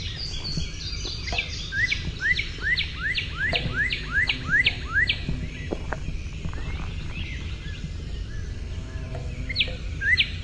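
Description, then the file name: Northern cardinal song: a fast run of many clear slurred whistles, a pause of about four seconds, then a couple more notes near the end, over low rumbling background noise. "NOCA song"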